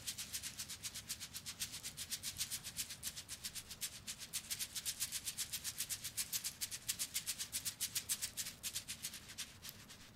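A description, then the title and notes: A shoulder massage of fast, even rubbing strokes, about five per second, hissing steadily for the whole clip over a soft low rumble. ASMR shoulders Relaxing massage no talking. Intense asmr shoulder massage rp with tools.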